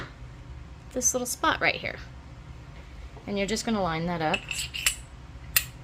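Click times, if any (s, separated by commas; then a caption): 5.6 s. Someone talks while lining up the drum nut on the small spindle pillar of a Vevor cream separator base and pressing it down. A sharp click at 5.6 s marks the nut seating, followed by a fainter tick just after. The nut is seated nice and tight on the pillar.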